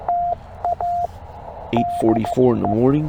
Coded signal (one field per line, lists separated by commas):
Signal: Morse code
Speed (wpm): 15 wpm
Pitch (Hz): 700 Hz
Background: speech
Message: TA DE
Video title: Parks on the Air in CW - K-2943 10 May